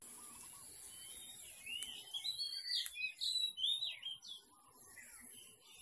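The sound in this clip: Bird song of quick whistled chirps and slurred notes, rising and falling between mid and high pitch, in bursts through the middle, with faint lower notes early on.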